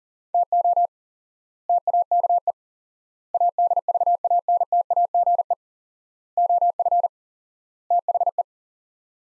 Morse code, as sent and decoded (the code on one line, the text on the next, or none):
- --- / - .- -.- . / .- -.. ...- .- -. - .- --. . / --- ..-. / - .... .
TO TAKE ADVANTAGE OF THE